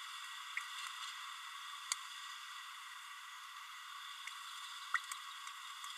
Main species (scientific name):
Forpus passerinus